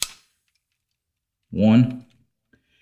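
A plastic foot piece is pushed firmly into the ankle joint of a transforming combiner robot figure's leg and snaps in with a sharp click at 0.0 s. Someone then talks briefly. The foot is seated, and the feet are no longer unstable.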